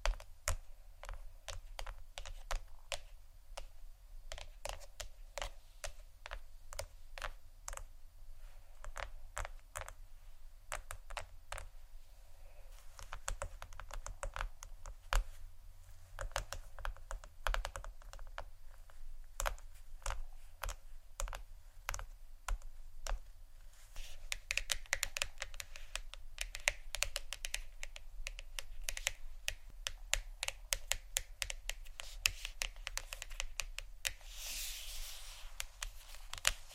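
Fingers tap quickly and continuously on a hard surface, a dense run of small clicks much like typing. After about 24 seconds the taps turn brighter and harder, with a crisper, more ceramic ring. A low steady rumble runs underneath throughout.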